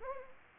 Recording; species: mosquito wingbeat signal from an infrared sensor; Anopheles gambiae